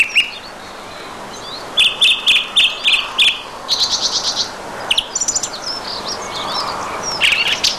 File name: Song Thrush